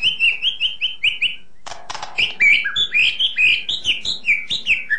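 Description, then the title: Long-tailed shrike song, quick repeated whistled notes broken by a harsh rasp, then a fast jumble of varied chirps. "Kicau Burung Pentet"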